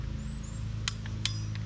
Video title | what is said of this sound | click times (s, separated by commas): DIY - Pool Crack Repair - Full Video | so you can hear that click | 0.9 s, 1.3 s